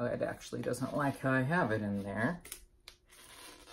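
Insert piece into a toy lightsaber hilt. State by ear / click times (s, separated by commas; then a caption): seated / 2.9 s. Someone talks while a removable insert is pushed down, turned counterclockwise and lifted slightly into the hilt of a Star Wars Galaxy's Edge Legacy Rey toy lightsaber. A single sharp click sounds at 2.9 s as the insert locks into place in the hilt.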